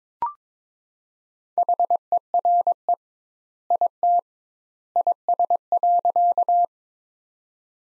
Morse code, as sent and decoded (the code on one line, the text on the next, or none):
.... . .-. . / .. - / .. ... .-.-.-
HERE IT IS.